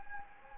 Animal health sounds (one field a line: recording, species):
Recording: mosquito wingbeat signal from an infrared sensor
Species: Anopheles gambiae